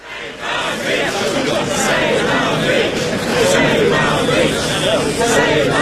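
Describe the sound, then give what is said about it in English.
A dense crowd of protesters shouting and chanting together, a loud continuous roar of overlapping voices with rising cries, sustained without pause throughout. “Mr. McHenry hates any kind of protest or demonstration.”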